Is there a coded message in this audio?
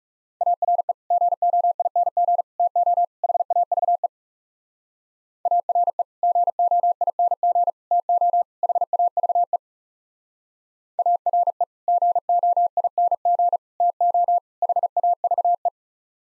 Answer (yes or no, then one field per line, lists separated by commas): yes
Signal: Morse code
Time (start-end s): 0.4-15.7 s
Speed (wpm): 37 wpm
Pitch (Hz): 700 Hz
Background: none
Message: ARE GOING TO HAVE ARE GOING TO HAVE ARE GOING TO HAVE